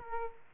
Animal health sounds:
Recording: mosquito wingbeat signal from an infrared sensor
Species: Aedes aegypti

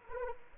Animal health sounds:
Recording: mosquito wingbeat signal from an infrared sensor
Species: Anopheles arabiensis

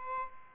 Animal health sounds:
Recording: mosquito wingbeat signal from an infrared sensor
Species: Aedes albopictus

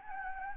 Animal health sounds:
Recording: mosquito wingbeat signal from an infrared sensor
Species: Anopheles gambiae

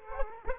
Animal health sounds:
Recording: mosquito wingbeat signal from an infrared sensor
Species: Aedes aegypti

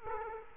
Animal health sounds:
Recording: mosquito wingbeat signal from an infrared sensor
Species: Culex quinquefasciatus

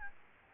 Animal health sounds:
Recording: mosquito wingbeat signal from an infrared sensor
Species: Aedes albopictus

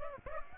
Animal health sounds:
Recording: mosquito wingbeat signal from an infrared sensor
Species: Aedes aegypti

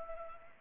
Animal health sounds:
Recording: mosquito wingbeat signal from an infrared sensor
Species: Culex pipiens

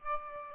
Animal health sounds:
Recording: mosquito wingbeat signal from an infrared sensor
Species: Aedes albopictus

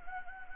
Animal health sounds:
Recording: mosquito wingbeat signal from an infrared sensor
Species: Anopheles gambiae

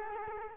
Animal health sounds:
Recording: mosquito wingbeat signal from an infrared sensor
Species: Culex quinquefasciatus

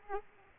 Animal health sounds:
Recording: mosquito wingbeat signal from an infrared sensor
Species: Aedes aegypti

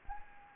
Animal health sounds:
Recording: mosquito wingbeat signal from an infrared sensor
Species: Anopheles gambiae

